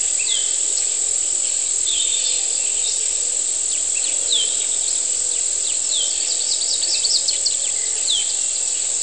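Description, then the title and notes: Cicada drone holding a constant shrill pitch, while birds give short descending whistles and quick chirp series in the background. Humid morning on the outskirts of San Cristóbal de Las Casas, Chiapas, May 2021; with birds. "cigarras. Mañana húmeda a las afueras de San Cristóbal de Las Casas, Chiapas. Mayo 2021"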